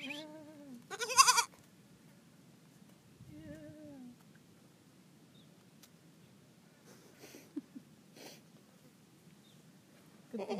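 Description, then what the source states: Young goat bleating: a wavering nasal bleat near the start, a shorter one around four seconds and another at the end, with rustling and small knocks between. Baby goat encountered in the Great Thar Desert, India.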